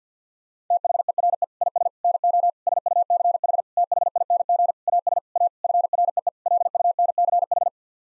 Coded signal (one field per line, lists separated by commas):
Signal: Morse code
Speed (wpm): 50 wpm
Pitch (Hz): 700 Hz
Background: none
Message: THERE IS NO SUCH THING AS A FREE LUNCH